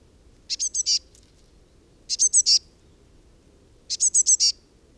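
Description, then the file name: Eurasian blue tit giving three high, sharp bursts, each of four to five rapid thin notes, repeated nearly every two seconds over faint low hum. "Cyanistes caeruleus"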